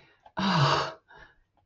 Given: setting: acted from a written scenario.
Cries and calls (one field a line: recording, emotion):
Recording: vocal sound without words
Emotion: relief